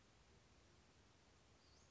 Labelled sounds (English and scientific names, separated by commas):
Western Flycatcher (Empidonax difficilis)